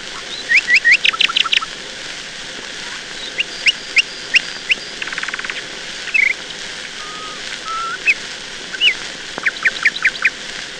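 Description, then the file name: Nightingale song: varied phrases of rapid, sharp notes, short buzzy trills and soft low whistles, delivered in bursts separated by brief gaps over faint hiss. "Solovei"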